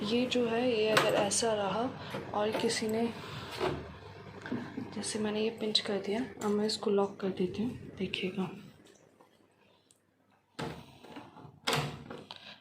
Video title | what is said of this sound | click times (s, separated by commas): एक खतरा कम हो गया, डर गया था #indianvlogger #indianmom #babyproofing | automatically lock हो गया अभी | 11.7 s